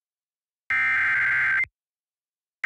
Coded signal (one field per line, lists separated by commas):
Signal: Emergency Alert System (SAME) tones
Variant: header bursts